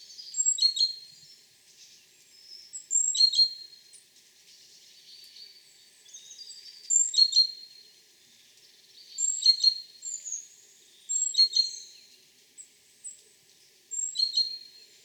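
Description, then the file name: Great tit calls in short clustered bursts of high, sharp chirps and clicks, with quiet gaps between. "Parus major"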